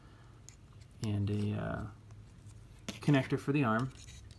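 Someone talks while handling the plastic shield of a Robot Spirits RX-78NT-1 Gundam NT-1 (ver. ANIME) action figure, bringing its connector toward the figure's arm, with a few faint handling taps in the background. The shield has not popped onto the arm yet, and nothing has seated or clicked.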